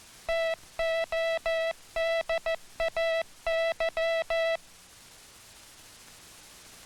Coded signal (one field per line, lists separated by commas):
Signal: Morse code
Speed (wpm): 14 wpm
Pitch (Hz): 660 Hz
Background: music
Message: TODAY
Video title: INTERNATIONAL MORSE CODE - US Army 1966 (Public Domain)